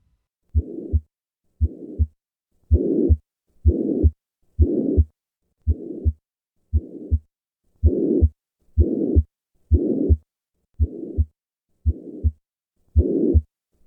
Pansystolic murmur of tricuspid regurgitation typical of Epstein's anomaly. Adult patients with Epstein anomaly may present with a pansystolic murmur of tricuspid regurgitation.